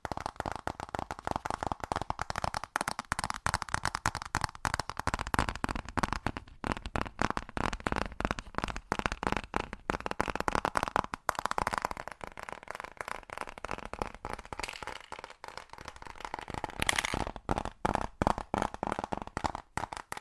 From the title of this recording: ASMR Fast Tapping